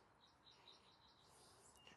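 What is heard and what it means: The bottom swing-away release lever on a Rockymounts BackStage hitch-mounted bike rack is unscrewed until its swing-away lock releases. A soft click is heard at 1.9 seconds over steady outdoor background noise with bird chirps. The lever clicks free, and the swing-away lock is released.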